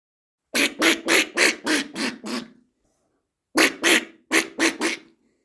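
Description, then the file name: Peafowl calling in a rapid run of seven harsh, nasal honks, then a pause of about a second, then five more, the later notes trailing off. "Pfau"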